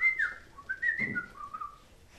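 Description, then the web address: Eurasian blackbird song: a run of clear fluted whistles, starting high and stepping down into lower warbled notes over two seconds, with one soft thump midway. Recorded in La Rochelle. "coll efromentin la rochelle. blackbird"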